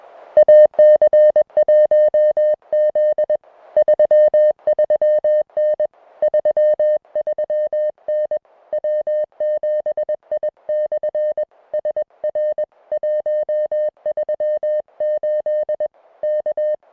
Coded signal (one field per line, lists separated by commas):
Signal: Morse code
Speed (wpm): 20 wpm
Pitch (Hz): 610 Hz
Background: music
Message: AC1Z 33N 33N W7I/ SR 138 K